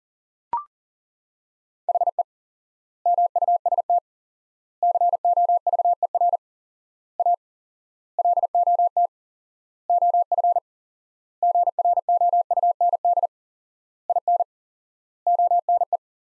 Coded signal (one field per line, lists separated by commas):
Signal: Morse code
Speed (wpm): 37 wpm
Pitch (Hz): 700 Hz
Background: none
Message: HE MUST COVER A LOT OF GROUND IN ONE